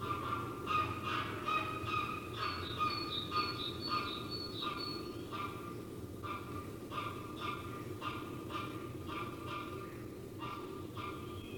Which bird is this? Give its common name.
Osprey